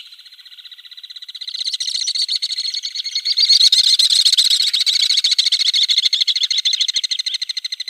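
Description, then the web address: Alpine Swift call: a soft rapid trill grows into a loud, rattling trill that continues steadily to the end. "Schulze Peter Alpine Swift"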